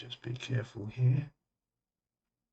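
A plastic part of a Tamiya 1/700 Battleship Yamato waterline model kit is handled over the ship's hull, about to be pressed into place. Someone talks for about the first 1.3 seconds, then the clip falls silent. Nothing has seated or clicked yet.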